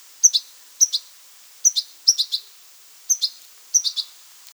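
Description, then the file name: European goldfinch calls: bright, tinkling twitters of two or three quick notes, repeated several times. "Carduelis carduelis"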